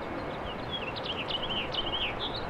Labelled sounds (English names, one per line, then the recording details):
House Finch song
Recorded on Long Island, New York, on 21 April 2011
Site GN
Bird D